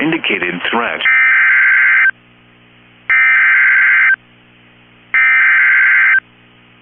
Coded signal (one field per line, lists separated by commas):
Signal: Emergency Alert System (SAME) tones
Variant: header bursts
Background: speech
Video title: EAS #1,887 Online NOAA Weather Radio Severe T’storm Warning #2 5/15/25